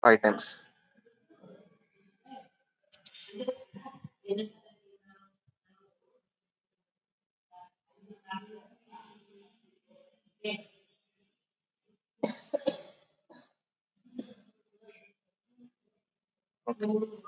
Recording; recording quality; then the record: deep breathing; moderate, slight background noise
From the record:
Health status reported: COVID-19 positive, mild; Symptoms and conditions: cough, cold, breathing difficulty, fever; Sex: male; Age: 27 years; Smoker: not ticked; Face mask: not worn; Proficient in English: yes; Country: India